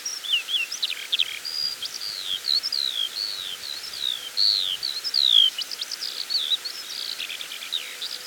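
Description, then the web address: Eurasian skylark song: an unbroken run of high, twittering whistles and slurred notes, rising and falling rapidly, ending in fast trilled chatter. "songs alauda arvensis call"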